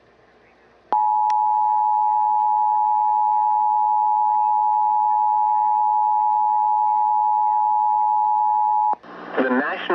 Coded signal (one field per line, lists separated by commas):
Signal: Emergency Alert System (SAME) tones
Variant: 853 and 960 Hz attention tone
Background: speech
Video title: IS IT SUMMER OR WINTER??? EAS Alerts from 3/1-3/24 (EAS #3,685 - 3,708)